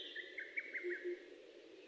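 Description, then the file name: Bird song: a fast series of short, downslurred chirps, with a few low, soft whistled notes beneath and after them, over constant background hiss. Song recorded in Japan on 29 May 2004. "040529 saezuri"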